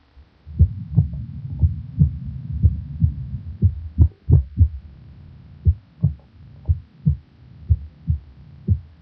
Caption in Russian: При экстрасистолии на фоне правильного ритма слышны одиночные преждевременные сокращения сердца, после которых следует компенсаторная пауза. В момент экстрасистолы можно определить усиление первого тона по сравнению с предшествующими циклами.